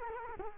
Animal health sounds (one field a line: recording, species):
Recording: mosquito wingbeat signal from an infrared sensor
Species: Culex quinquefasciatus